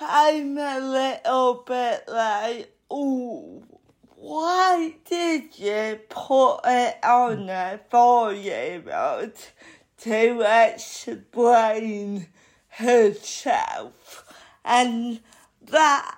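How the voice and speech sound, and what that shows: Adult woman speaking slowly, with drawn-out sounds and frequent pauses between short phrases. Dysarthria due to cerebral palsy.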